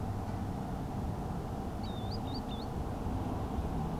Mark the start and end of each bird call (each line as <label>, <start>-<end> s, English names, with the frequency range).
Green Sandpiper (2.1-5.1 kHz), 1.79-2.66 s